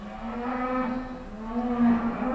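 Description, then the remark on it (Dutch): Cows mooing in a farm barn, a low, drawn-out bellow with a rich, buzzing tone that holds steady for a couple of seconds and swells slightly near the end. No one speaks. “Nou, je hoort de koeien al loeien.”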